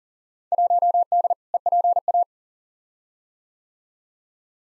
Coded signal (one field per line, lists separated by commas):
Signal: Morse code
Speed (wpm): 40 wpm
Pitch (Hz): 700 Hz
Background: none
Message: 1D EPA